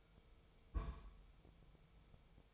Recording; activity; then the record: daily activity, microphone in the room; place on stove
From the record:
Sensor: 1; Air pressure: 999.4 hPa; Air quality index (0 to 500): 199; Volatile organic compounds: 40 ppm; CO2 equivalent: 3151 ppm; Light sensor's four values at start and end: 9/22/8/9 and 9/22/8/9